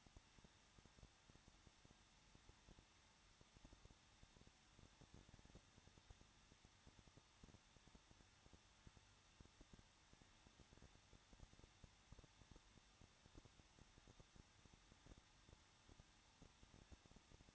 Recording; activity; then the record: daily activity, microphone in the room; no activity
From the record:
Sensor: 3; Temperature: 21.2 degrees Celsius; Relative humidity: 36.3%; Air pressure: 1006.3 hPa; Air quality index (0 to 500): 222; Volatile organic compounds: 41 ppm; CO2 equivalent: 3166 ppm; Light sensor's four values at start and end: 2/3/2/2 and 2/3/2/2